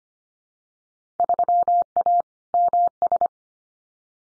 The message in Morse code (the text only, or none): 3A MS